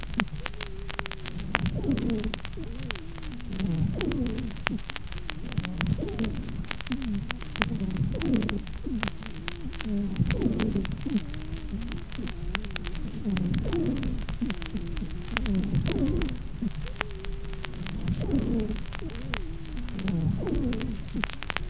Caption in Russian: При аускультации выслушивается большое количество разнообразных сухих хрипов, среди которых преобладают свистящие.